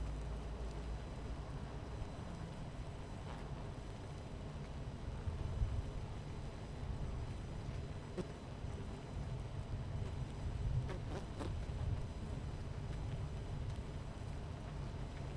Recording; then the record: honeybee colony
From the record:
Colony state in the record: missing queen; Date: 14 July 2017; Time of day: 11:05